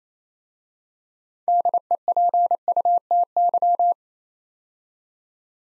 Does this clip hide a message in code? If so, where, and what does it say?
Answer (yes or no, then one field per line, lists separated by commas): yes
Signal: Morse code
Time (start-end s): 1.5-3.9 s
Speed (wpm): 28 wpm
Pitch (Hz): 700 Hz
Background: none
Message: DEPUTY